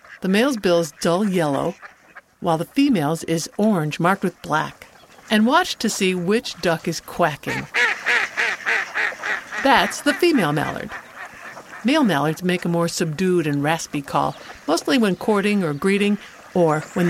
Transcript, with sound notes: the male’s bill is dull yellow, while the female’s is orange marked with black. And watch to see which duck is quacking. [More female quacking] That’s the female Mallard. Male Mallards make a more subdued and raspy call, mostly when courting or greeting, or when they feel